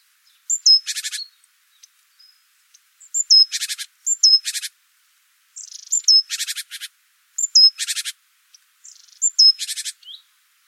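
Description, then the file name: Great tit calls, a thin whistled note dropping in pitch then a rasping buzzy churr, repeated several times. "Parus major"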